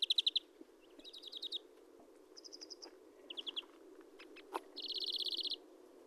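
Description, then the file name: European greenfinch giving several short trilled rattles, finishing with a longer trill, over faint background noise and a few soft clicks. "Chloris chloris"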